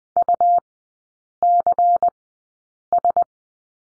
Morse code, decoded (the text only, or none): UCS